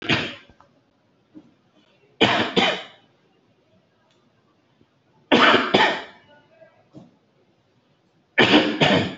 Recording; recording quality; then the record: shallow voluntary cough; excellent, no background noise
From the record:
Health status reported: respiratory illness, not identified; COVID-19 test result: negative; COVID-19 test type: RT-PCR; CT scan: taken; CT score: 2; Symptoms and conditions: cold, breathing difficulty, chronic lung disease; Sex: male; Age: 63 years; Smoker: no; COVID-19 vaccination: one dose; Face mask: worn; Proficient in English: yes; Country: India